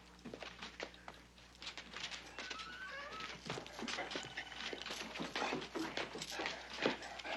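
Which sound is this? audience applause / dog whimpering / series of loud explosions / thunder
dog whimpering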